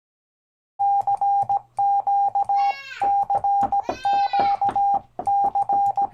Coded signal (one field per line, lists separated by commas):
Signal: Morse code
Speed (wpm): 17 wpm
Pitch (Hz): 800 Hz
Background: none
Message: CQ CQ C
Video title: My 4SQRP Hill Topper 20 CW Radio Rose From the Grave! (Halloween)